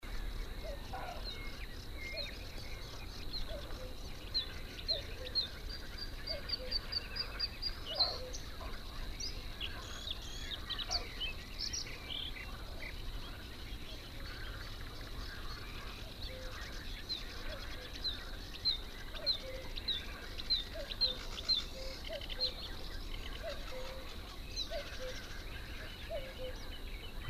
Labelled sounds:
Bluethroat song
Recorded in the wild
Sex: male
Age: adult
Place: Gartz (Oder), Nationalpark Unteres Odertal, Brandenburg, DE
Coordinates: 53.1322, 14.377
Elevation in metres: 1
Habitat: meadow
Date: 2014-05-07 21:02
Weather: cloudy, 18°C, almost windless
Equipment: Sound Devices 702, Sennheiser MKH 70, Rycote Windschutz
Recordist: Frommolt, Karl-Heinz
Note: Friedrichsthaler Polder, Nähe Zollhaus: Gesang eines Blaukehlchens

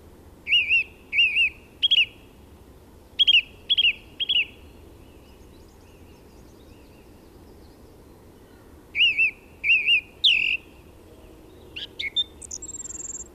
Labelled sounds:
Song Thrush song
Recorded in the wild
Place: Garmisch-Partenkirchen, Bayern, DE
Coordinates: 47.5067, 11.085
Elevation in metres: 710
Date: 1969-04-05
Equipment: Nagra
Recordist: Tretzel, Erwin

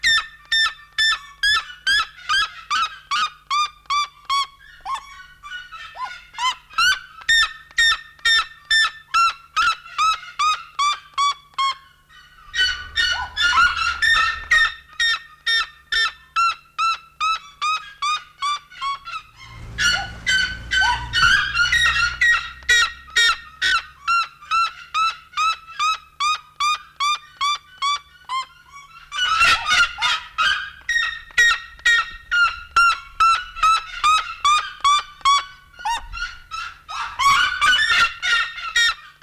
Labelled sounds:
Red-legged Seriema call
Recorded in captivity
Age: adult
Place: Zoo Berlin, Berlin, DE
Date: 1993-01-30 10:30
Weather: -6°C, sonnig
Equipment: Marantz CP 430, Sennheiser ME 80, Kopie Uher Variocord 263
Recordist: Tembrock, Günter

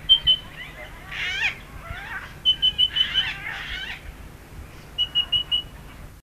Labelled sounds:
Western Rosella call
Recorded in captivity
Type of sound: call
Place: Vogelpark Walsrode, Niedersachsen, DE
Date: 1976-09-04
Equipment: Halbspur, 9,5 cm/s
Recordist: Lütgens, Hans
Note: Rufe

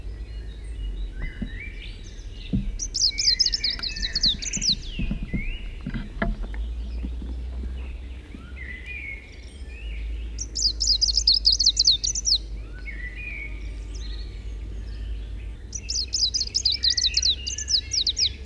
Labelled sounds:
Greenish Warbler song
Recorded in the wild
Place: Sassnitz, Insel Rügen, Mecklenburg-Vorpommern, DE
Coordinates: 54.565, 13.615
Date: 1978-06-07
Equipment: Nagra III BH, Sennheiser MD 21, parabola
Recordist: Schubert, Michael

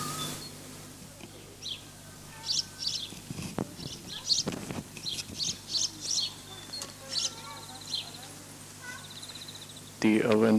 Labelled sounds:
Common Blackbird song
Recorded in the wild
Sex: male
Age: adult
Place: Lübars, Berlin, DE
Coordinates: 52.6167, 13.35
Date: 2006-04-25 18:45
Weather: sunny, 18°C
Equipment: Grundig CR 110, Sennheiser ME 80, Kopie Uher 4000 Report Monitor
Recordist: Tembrock, Günter

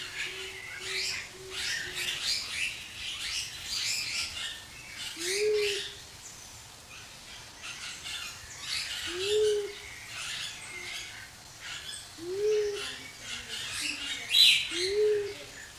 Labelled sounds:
Mindanao Bleeding-heart call
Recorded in captivity
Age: adult
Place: Zoo Berlin, Berlin, DE
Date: 2002-10-22 12:20
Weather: overcast, 13°C
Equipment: Nagra SN, Kopie Uher 4000 Report Monitor
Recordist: Tembrock, Günter

